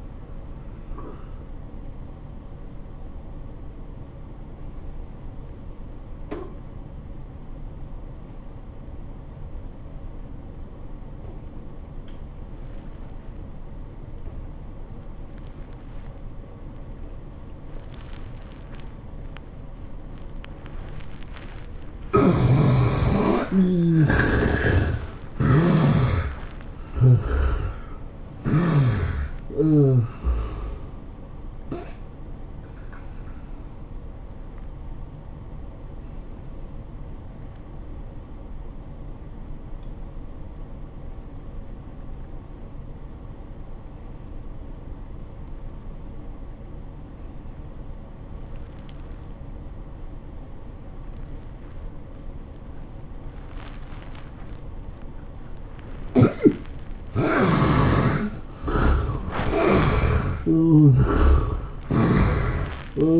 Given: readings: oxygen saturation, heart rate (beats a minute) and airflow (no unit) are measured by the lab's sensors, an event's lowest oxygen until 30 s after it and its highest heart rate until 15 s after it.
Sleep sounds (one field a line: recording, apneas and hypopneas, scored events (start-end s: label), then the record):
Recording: breathing in sleep by a smartphone at the bedside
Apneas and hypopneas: 2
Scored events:
3.00-23.20 s: obstructive apnea (N1, oxygen 96% highest, then 70% lowest, heart rate 95 at the start, 110 highest)
36.00-56.00 s: obstructive apnea (N1, oxygen 87% highest, then 73% lowest, heart rate 94 at the start, 110 highest)
From the record:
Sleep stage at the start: N1 (lightest sleep)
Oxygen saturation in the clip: 70 to 96%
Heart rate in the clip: 76 to 110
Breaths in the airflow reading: 7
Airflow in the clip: -14.2 to 13.8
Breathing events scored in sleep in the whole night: 403 in 5.5 hours asleep